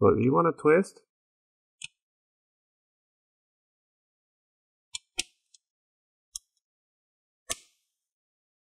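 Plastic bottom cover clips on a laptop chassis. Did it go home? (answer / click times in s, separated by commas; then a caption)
released / 5.0 s, 5.2 s, 6.4 s. Someone talks briefly, then a guitar pick pushed about 2-3 mm into the seam of the plastic bottom cover on an HP 15-EH0003 laptop is twisted outward. Sharp clicks at 5.0 s, 5.2 s and 6.4 s are the snap clips popping loose one after another, and the bottom case clips are released.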